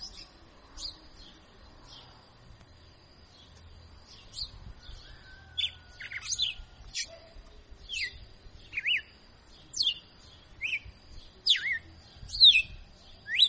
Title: Canto Galo Campina Fêmea. Galo de Campina Professor Açoitando ( Uma Verdadeira Máquina )